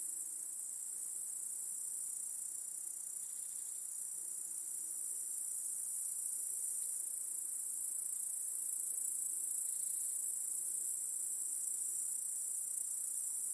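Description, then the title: Cricket chorus, a sustained shrill high trill, fairly steady throughout. Chorus of crickets in a home backyard at night. "Crickets in Your Backyard 🏡"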